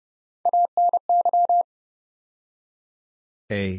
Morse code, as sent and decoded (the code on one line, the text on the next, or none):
.- -. -.--
ANY